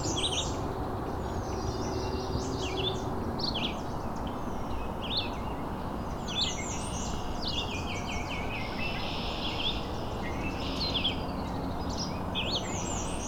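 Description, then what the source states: Blue-headed Vireo song: short, sweet slurred phrases, high and bright, delivered with pauses between them over a steady low rumble of background noise. Song described as very sweet sounding for a vireo; urban nature sanctuary during a late wave of migrants.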